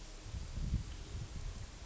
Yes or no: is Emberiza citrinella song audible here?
no